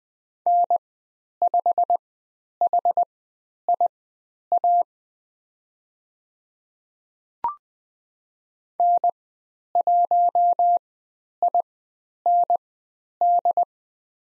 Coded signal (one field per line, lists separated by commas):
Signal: Morse code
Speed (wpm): 20 wpm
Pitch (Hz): 700 Hz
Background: none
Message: N5HIA N1IND